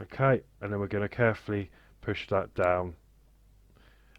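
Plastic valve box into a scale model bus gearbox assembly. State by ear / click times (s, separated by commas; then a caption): seated / 4.2 s. Someone talks while a small plastic valve box on a scale model Routemaster bus kit is carefully pushed down onto its mount in the gearbox assembly. After a quiet pause and a faint rustle near 3.8 s, a short sharp click at 4.2 s marks the valve box snapping into place. It is seated firmly and will not come out.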